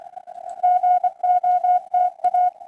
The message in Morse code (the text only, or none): GOTA